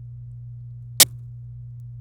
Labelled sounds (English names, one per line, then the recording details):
Domestic Canary song
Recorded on 27 April 2018 at 06:23
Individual llb3